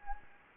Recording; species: mosquito wingbeat signal from an infrared sensor; Anopheles gambiae